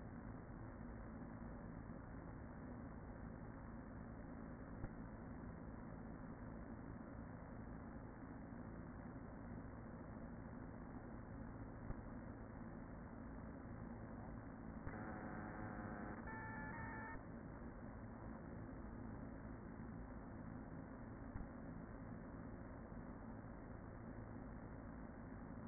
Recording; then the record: honeybee colony, microphone inside the hive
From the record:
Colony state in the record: queen present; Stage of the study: after two queens were removed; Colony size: about 40,000 bees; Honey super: no